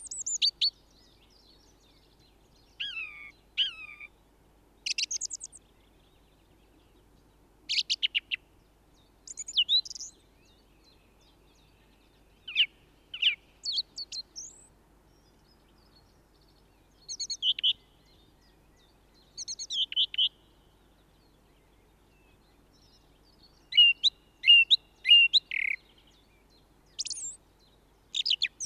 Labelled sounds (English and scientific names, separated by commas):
Song Thrush (Turdus philomelos) song